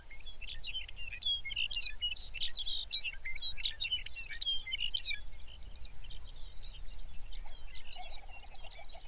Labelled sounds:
songbird, grouse or ptarmigan
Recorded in the Arctic National Wildlife Refuge, Alaska, on 23 May 2019 at 05:02
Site 49

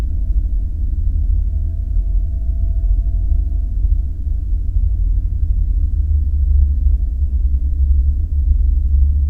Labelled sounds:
man-made sound
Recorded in the Prudhoe Bay oil fields, Alaska, on 5 September 2019 at 01:15
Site 14

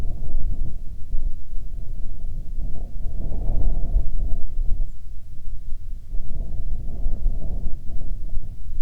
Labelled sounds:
songbird, wind
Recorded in the Arctic National Wildlife Refuge, Alaska, on 27 July 2019 at 17:34
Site 40

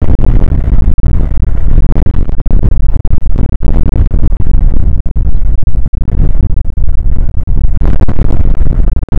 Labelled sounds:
wind
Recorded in the Prudhoe Bay oil fields, Alaska, on 29 May 2019 at 00:02
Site 25

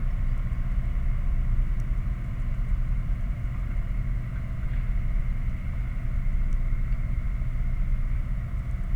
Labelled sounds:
machinery, rain
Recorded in the Prudhoe Bay oil fields, Alaska, on 11 August 2019 at 21:09
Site 29

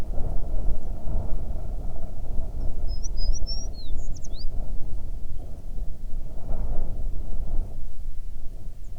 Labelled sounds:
songbird, wind
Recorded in the Prudhoe Bay oil fields, Alaska, on 9 June 2019 at 16:21
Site 21

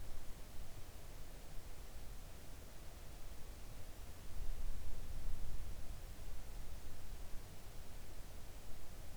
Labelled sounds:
near silence
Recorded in the Arctic National Wildlife Refuge, Alaska, on 3 August 2019 at 05:40
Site 41

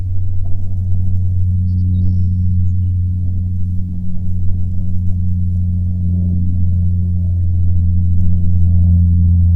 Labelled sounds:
songbird, wind, aircraft
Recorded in the Prudhoe Bay oil fields, Alaska, on 21 June 2019 at 09:43
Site 22

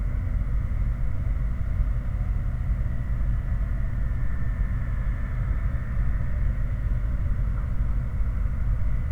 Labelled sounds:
machinery, flare stack
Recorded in the Prudhoe Bay oil fields, Alaska, on 19 August 2019 at 03:59
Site 29

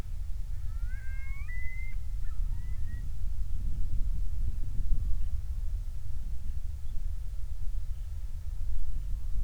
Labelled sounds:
loon, wind
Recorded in the Prudhoe Bay oil fields, Alaska, on 28 July 2019 at 05:24
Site 25

